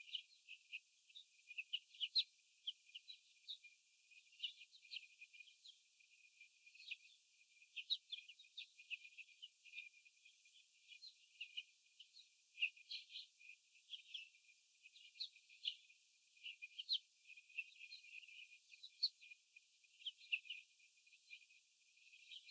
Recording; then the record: young laying hens in a cage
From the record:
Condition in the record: after the stressor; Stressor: sudden umbrella opening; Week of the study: 3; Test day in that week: 2